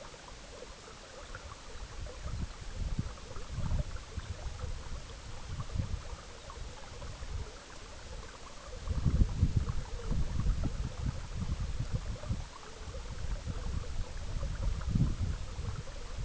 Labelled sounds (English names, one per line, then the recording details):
unidentified sound
Arctic Tern
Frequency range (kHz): Arctic Tern 2.2-4.2 kHz
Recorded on Arctic tundra, site EABA-MC, on 19 June 2019
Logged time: 22:00